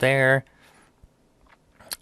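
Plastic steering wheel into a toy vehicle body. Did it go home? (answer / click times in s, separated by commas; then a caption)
yes / 1.9 s. A plastic steering wheel is pushed into its socket on the body of a G.I. Joe Classified Series Air Chariot action-figure vehicle. Someone talks briefly at the start, then quiet handling follows until a sharp plastic click at 1.9 s. The steering wheel snaps into place.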